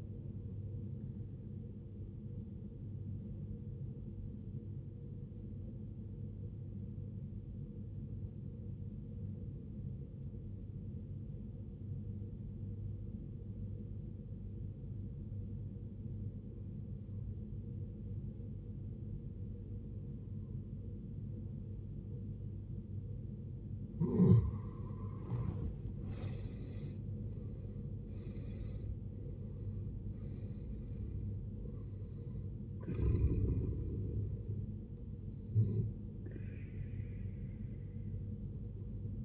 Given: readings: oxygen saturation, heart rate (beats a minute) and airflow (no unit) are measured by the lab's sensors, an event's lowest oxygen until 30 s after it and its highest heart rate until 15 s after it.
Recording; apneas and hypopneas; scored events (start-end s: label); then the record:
breathing in sleep by a smartphone at the bedside; 1
5.00-24.50 s: obstructive apnea (N1, oxygen 93% highest, then 77% lowest, heart rate 65 at the start, 75 highest)
7.00-37.00 s: new sleep stage, N2 (light sleep)
37.00-39.25 s: new sleep stage, N1 (lightest sleep)
From the record:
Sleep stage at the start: N1 (lightest sleep); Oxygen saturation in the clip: 79 to 93%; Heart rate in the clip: 53 to 75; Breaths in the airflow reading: 5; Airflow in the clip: -16.1 to 16.0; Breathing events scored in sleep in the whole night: 389 in 6.3 hours asleep